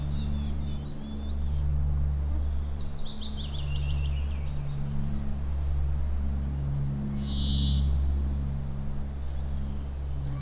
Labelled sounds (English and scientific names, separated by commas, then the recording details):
Willow Warbler (Phylloscopus trochilus)
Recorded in the wild
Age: adult
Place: Halbinsel Kindo, Karelien, RU
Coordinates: 66.5364, 33.0625
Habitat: taiga
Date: 1994-06-23 16:15
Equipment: Sony TCD-D3, Sennheiser ME 80, K 30 AV (I), Windschutz
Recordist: Frommolt, Karl-Heinz